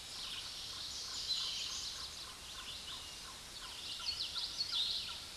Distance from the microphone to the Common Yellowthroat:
about 45 m